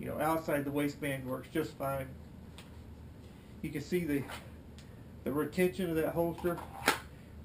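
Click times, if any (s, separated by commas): 6.9 s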